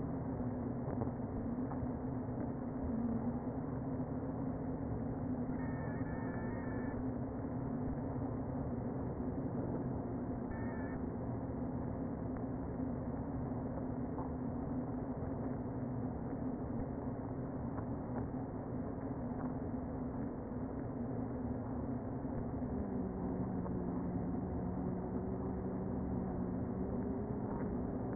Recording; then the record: honeybee colony, microphone inside the hive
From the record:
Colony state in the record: queen present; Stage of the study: before two queens were removed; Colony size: about 60,000 bees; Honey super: yes